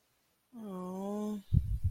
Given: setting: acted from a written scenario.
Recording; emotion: vocal sound without words; sadness